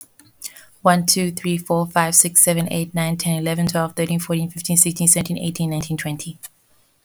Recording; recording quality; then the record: counting at a fast pace; excellent, no background noise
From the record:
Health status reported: healthy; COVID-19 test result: not tested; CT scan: not taken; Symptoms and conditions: none ticked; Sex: female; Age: 31 years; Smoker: no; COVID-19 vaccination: none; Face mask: not worn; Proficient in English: yes